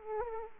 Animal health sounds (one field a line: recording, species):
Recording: mosquito wingbeat signal from an infrared sensor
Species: Aedes aegypti